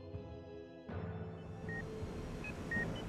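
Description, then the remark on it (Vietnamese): A few short, high electronic beeps from hospital machines chirp at uneven intervals over a steady hum and low background noise, with no one speaking. “Tiếng tít tít của máy móc vang lên bên tai. Bà nhận ra mình một lần nữa đang ở bệnh viện.”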